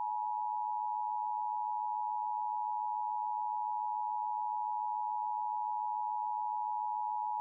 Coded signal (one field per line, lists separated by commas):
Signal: Emergency Alert System (SAME) tones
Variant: 853 and 960 Hz attention tone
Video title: EAS Mock Scenario: Easter Bunny Rampage